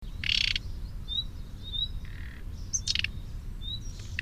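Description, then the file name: Common nightingale singing, a loud buzzy burst followed by thin whistled notes and another rattling burst, with soft rumbling noise underneath. "Luscinia megarhynchos"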